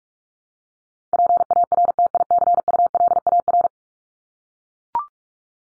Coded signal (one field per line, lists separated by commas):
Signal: Morse code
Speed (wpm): 44 wpm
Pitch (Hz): 700 Hz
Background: none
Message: PARTICULAR